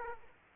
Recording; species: mosquito wingbeat signal from an infrared sensor; Aedes aegypti